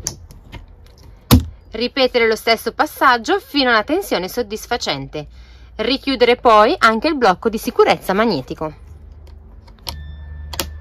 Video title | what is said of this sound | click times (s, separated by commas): Video tutorial noleggio van con tetto a soffietto Sun Living V 60 SP Tent Top | la chiusura è avvenuta in modo corretto si sente un click | 10.6 s